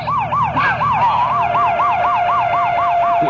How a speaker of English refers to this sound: Hey, hit the lights and the siren. That's just right ahead.